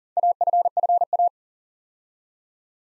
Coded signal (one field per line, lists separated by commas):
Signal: Morse code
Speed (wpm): 41 wpm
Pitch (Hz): 700 Hz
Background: none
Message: AFFA